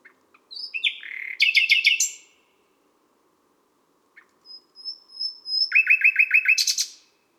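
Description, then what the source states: Common nightingale song: two bursts of rich phrases with rapid repeated notes, whistles and clicks, separated by a few seconds of silence. Recorded at midnight at Les Salelles, Ardèche, France.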